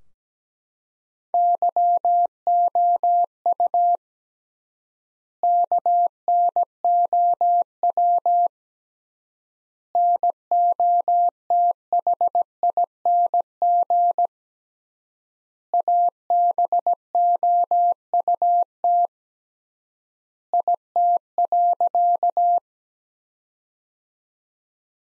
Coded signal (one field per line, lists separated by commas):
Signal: Morse code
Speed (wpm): 17 wpm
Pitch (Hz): 700 Hz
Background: none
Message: YOU KNOW NOTHING ABOUT IT.